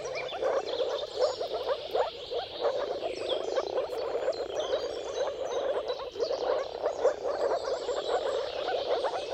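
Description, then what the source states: Moor frog: continuous mating chorus of moor frogs, gentle bubbling calls rising and falling in loudness. Moor frogs in a mating chorus at sunrise, at the turn of March and April, timing depending on weather.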